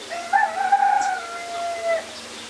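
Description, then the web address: Chicken: rooster crowing: one long, harmonic, drawn-out crow lasting nearly two seconds, over soft background noise. "musicradar outdoor-samples Birds"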